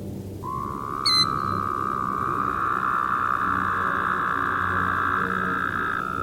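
Woodhouse's toad sounding a long, even, buzzing trill nearly six seconds long; a sharp high chirp cuts in briefly near the start.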